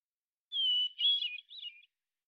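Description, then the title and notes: Hermit thrush song: one phrase opening on a long pure whistled note, then a quick run of fluty, tumbling notes, on a completely silent background. Single individual in Washington, Pacific Northwest, United States; song sequence isolated from original recording at natural pace and rhythm, ending with examples of eight basic phonemes and variants. "BIRDSong Thrushes And Allies - Hermit Thrush. Hermit Thrush, Catharus guttatus, individual performance, song sequence with an end block of example 8 basic phonemes and variants, isolated from original, natural pace and rhythm maintained Recorded in the beautiful Pacific Northwest, Washington, United States"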